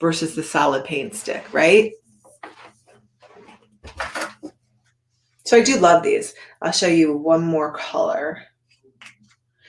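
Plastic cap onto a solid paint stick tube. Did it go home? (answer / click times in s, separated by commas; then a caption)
yes / 9.0 s. Someone talks while handling a solid paint stick, with a few faint knocks and taps between phrases around 2.4 s and 4.0–4.5 s. The plastic cap is then pressed back onto the solid paint stick tube so it does not dry out, giving a sharp snap at 9.0 s as the cap seats.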